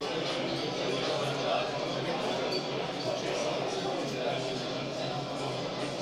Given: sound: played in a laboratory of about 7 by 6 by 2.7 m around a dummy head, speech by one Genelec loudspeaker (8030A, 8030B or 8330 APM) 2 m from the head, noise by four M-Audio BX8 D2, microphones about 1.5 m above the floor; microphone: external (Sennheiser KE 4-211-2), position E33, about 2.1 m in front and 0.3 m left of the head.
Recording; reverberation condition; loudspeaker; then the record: cafeteria noise; medium; four, about 170 cm from the corners of the room and facing them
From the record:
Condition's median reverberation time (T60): about 510 ms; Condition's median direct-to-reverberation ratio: about -0.5 dB